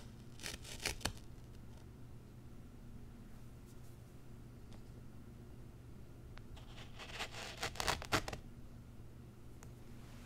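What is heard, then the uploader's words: Unboxing a zen garden: two bursts of crinkly packaging rustle and tearing, one near the start and a longer one from about six to eight seconds. Between them come a few faint clicks and taps, over a steady low hum throughout. ASMR Icnbuys Zen Garden Unboxing No Talking.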